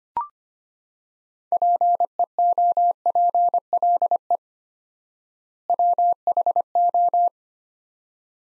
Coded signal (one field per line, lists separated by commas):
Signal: Morse code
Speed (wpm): 25 wpm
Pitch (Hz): 700 Hz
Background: none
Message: PEOPLE WHO